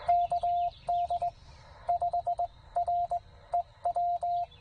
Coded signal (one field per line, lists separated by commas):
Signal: Morse code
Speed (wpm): 18 wpm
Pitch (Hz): 690 Hz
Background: none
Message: KD5REW